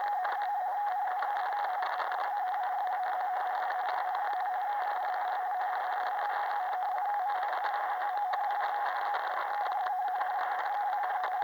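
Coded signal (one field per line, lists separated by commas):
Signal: RTTY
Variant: DDH47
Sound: faint two-tone warbling teletype chatter buried in loud hissing static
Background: radio static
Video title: Quick decoding DDH47 from 27. July 18:00 UTC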